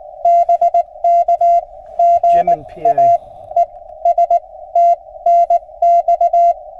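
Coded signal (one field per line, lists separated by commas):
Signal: Morse code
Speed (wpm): 19 wpm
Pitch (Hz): 690 Hz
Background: speech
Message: BK GA ES TNX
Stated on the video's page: Morse sent during a Parks on the Air activation at a Pennsylvania state gamelands park, using an Icom 7100.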